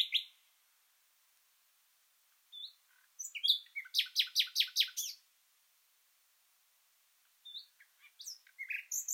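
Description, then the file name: Common nightingale song: scattered sharp notes leading into a loud rhythmic run of repeated chirps, a pause, then another varied phrase begins. "Luscinia megarhynchos"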